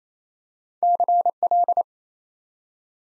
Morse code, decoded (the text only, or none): CL